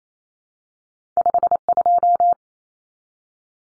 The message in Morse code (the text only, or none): 52